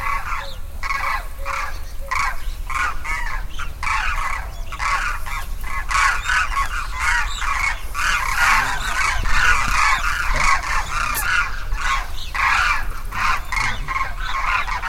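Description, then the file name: Demoiselle cranes calling in a dense chorus of overlapping trumpeting, honking notes, many birds together, over a steady low rumbling background. "Grus virgo - Demoiselle Crane"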